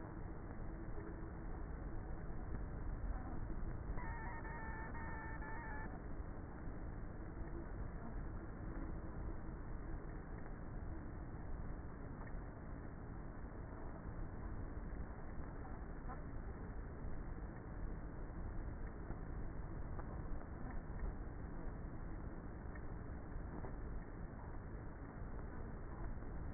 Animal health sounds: honeybee colony, microphone inside the hive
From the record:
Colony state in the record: queenless with a low population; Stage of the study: before two queens were removed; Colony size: about 30,000 bees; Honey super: no

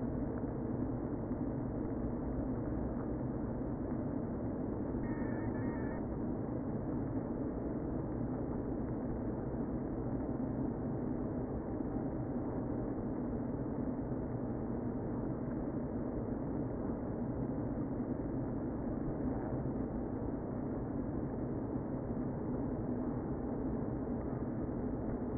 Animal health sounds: honeybee colony, microphone inside the hive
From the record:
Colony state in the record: queen present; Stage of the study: before two queens were removed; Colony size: about 60,000 bees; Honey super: yes

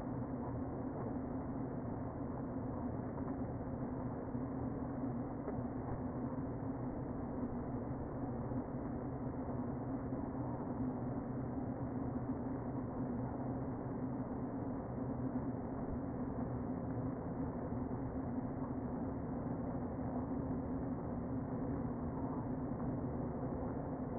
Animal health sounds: honeybee colony, microphone inside the hive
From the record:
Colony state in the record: queen present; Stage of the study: before two queens were removed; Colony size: about 60,000 bees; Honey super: yes

